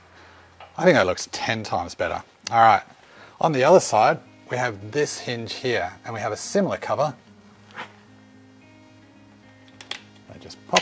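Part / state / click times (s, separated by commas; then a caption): plastic cover over the hood hinge / seated / 10.8 s. A plastic cover is pushed over the metal hood hinge on a Mustang GT until it pops over the top, seating with a sharp click at 10.8 s for an OEM-looking finish. Someone talks over soft background music for most of the clip, followed by a few small taps around 9.7–9.9 s before the final pop.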